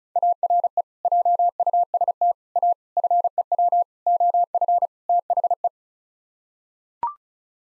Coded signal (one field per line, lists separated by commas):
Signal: Morse code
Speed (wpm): 34 wpm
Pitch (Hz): 700 Hz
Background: none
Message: ARE JUST A FEW OF THE